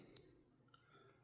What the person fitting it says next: And this also clicks into place.